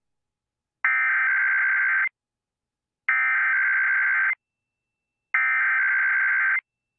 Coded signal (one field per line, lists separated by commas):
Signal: Emergency Alert System (SAME) tones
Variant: header bursts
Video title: The KUNA and IPAWS Time Zones Weeklies (EAS #23095-23102) 10/28/24